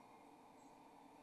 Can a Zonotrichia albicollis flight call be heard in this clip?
no